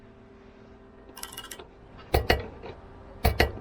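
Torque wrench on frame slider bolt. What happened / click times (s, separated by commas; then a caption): The torque wrench clicked at its set torque on the bolt / 3.4 s. A torque wrench tightens the frame slider bolt on a Tiger 900 GT Pro motorcycle frame. A run of faint ratcheting from about 1.2 to 1.6 s is followed by sharp metallic clicks in pairs near 2.2 and 2.3 s and again near 3.3 and 3.4 s. The wrench clicks at its set torque at 3.4 s, confirming the bolt is at the torque specification.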